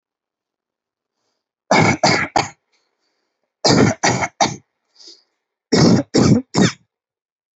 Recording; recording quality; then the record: shallow voluntary cough; excellent, no background noise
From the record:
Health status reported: healthy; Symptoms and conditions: none ticked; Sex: male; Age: 29 years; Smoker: yes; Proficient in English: yes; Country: India